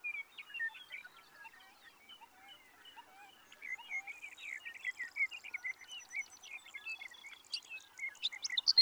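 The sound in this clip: Sage thrasher song, a quieter, continuous flow of short warbled notes that grows louder and more varied toward the end.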